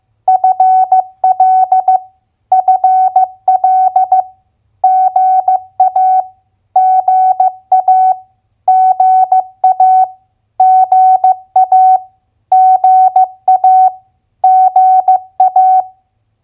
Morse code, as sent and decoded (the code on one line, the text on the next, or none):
..-. .-.. / ..-. .-.. / --. .- / --. .- / --. .- / --. .- / --. .- / --. .-
FL FL GA GA GA GA GA GA